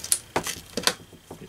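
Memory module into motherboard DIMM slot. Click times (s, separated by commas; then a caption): 0.1 s, 0.9 s. A DDR memory stick is pressed into a motherboard DIMM slot with both thumbs, one on each end. Sharp plastic clicks at 0.1 s and 0.9 s are the retention latches at each end snapping closed, with quieter handling knocks around 0.4 s and 0.8 s. The module is seated.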